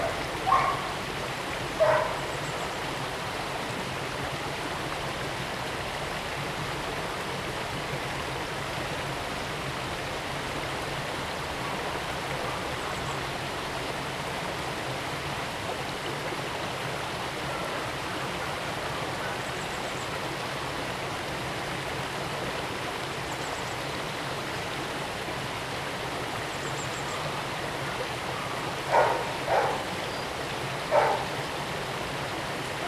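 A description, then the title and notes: A Dartmoor stream runs steadily close by, its dense, even rush of water filling the mids and highs without letting up. A few brief splashes or knocks stand out near the start and again around the twenty-nine to thirty-one second mark. Beside a Dartmoor stream. We're at Becky Brook on Dartmoor. It's the first day of the year where you can feel the warmth of the sun on your face. The light breeze floats through the trees causing the dappled sunlight to shimmer on the water.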